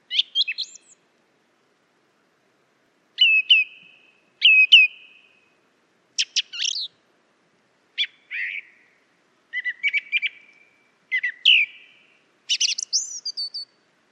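Song thrush singing a series of varied whistled and chattering phrases, some repeated, separated by short pauses, with a quiet background.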